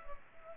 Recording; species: mosquito wingbeat signal from an infrared sensor; Culex pipiens